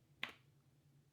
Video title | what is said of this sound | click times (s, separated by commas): Joseph Joseph Connect Adjustable Dish Rack | making sure that we pop them in, and you can hear that click right there. | 0.2 s